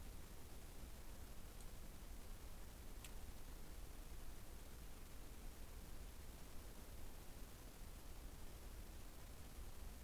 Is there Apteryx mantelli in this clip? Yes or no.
no